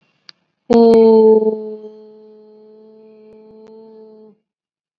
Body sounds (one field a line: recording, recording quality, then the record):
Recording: sustained vowel as in boot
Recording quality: excellent, no background noise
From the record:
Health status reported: COVID-19 positive, mild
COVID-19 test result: positive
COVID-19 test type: RT-PCR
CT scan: not taken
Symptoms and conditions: cough, fever, muscle pain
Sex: female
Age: 25 years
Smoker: no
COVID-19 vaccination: one dose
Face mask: worn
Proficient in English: yes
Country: India